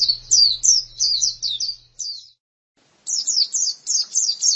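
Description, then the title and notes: White-eye song: high, rapid twittering phrases of short down-slurred chirps, broken by a brief silent pause before a second burst; a faint low hum early on. "Kicauan Burung Pleci Durasi Panjang. Suara kicauan burung pleci"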